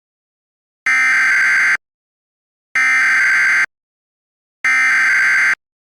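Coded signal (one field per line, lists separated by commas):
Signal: Emergency Alert System (SAME) tones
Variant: header bursts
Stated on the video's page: Fictional EAS scenario.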